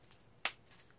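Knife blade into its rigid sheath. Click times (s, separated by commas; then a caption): 0.5 s. A Cold Steel Spike Tanto, a stainless steel knife, is pushed into its rigid sheath and snaps home with one sharp, bright click at 0.5 s, after two faint ticks near the start. It seats firmly with a very positive click and is held securely, so it will not come out on its own.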